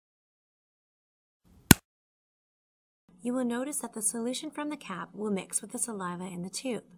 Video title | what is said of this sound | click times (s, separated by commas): Oragene.DNA (OG-600/610/500/510) user instructions (Dutch) | close the lid by firmly pushing the lid until you hear a loud click | 1.7 s